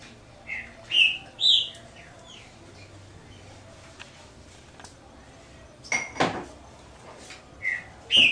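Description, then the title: Double-collared seedeater song, sparse: a few clear slurred whistles, a long quiet gap with a few clicks, then more short whistled notes near the end. "Canto Coleiro"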